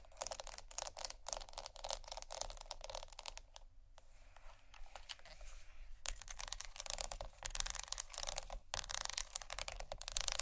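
Fast tapping and scratching, a dense run of quick, sharp clicks that rattle like a ratchet. The clatter is busiest in the first two seconds and again after six, thinning to a softer, hissy scratch between about four and six seconds.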